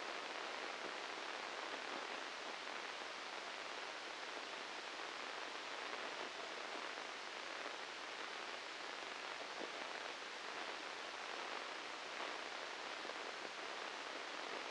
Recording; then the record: brain microelectrode recording played as sound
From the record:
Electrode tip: inside the subthalamic nucleus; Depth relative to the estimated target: 1 mm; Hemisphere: left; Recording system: NeuroSet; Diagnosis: Parkinson's disease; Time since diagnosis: 8 years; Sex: male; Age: 37 years